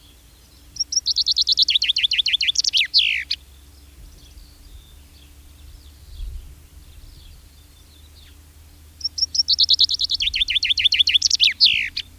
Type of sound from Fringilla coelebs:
song